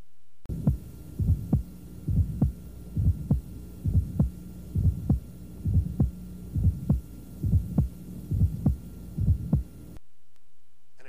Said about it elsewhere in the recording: A high-frequency sound heard closely approximated to S1. The cadence is very similar to a fourth heart sound. It differs, however, in that the extra sound arises after S1. Diaphragm of the stethoscope should be placed over the apex or between the apex and the left ventricular outflow tract. The ejection sound will be heard at the same time the carotid pulse touches your finger.